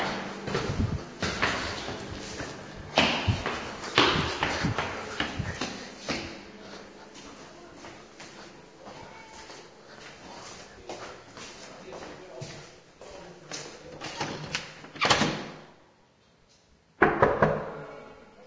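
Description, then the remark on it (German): Someone tries a locked door, the handle rattling and clunking in irregular bursts, with a couple of sharper, louder clacks near the end and faint muffled voices in the background. “Tür ist abgeschlossen.”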